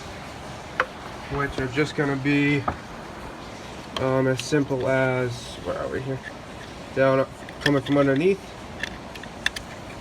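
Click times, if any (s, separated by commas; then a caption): 9.5 s. During reassembly after a radiator swap on a 2007-2013 GMC Sierra 5.3, a plastic retaining clip or fan connector near the fans on the radiator/fan assembly is pushed back up into place while someone talks. It clicks and seats at 9.5 s, among a few small clicks and taps late in the clip, after a sharp tap at 0.8 s.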